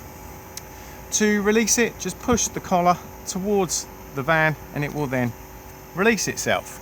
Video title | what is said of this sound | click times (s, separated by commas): 45379 Auto-Sleepers 2020 Burford Duo outside handover | this end here plugs in where my finger is and will then lock into place and allow you to turn the gas on | 0.6 s